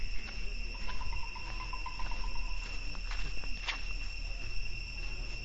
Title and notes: Cicadas and Music Touts. Herro Asia, Cambodia, Siemp Reap, Angkor Wat, Cicadas